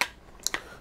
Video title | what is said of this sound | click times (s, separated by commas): Thinborne Aramid Fiber Case for iPhone 15 Pro Max (MagSafe) | so we're going to drop it on very easy to snap in place as you guys see | 0.0 s, 0.5 s